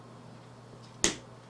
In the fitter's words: once the just did push back to lock quite simple to use